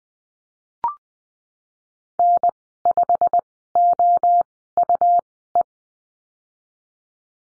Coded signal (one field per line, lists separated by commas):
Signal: Morse code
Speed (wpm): 20 wpm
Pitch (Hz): 700 Hz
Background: none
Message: N5OUE